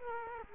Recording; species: mosquito wingbeat signal from an infrared sensor; Culex quinquefasciatus